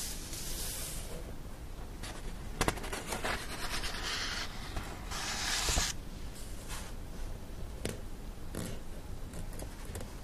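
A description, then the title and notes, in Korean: Pages of a book are being turned, with papery rustles swelling near the start, around four seconds and again just before six. Sharp little snaps and flicks land now and then, and a low, steady rumble runs underneath throughout. 책을 넘기는 소리.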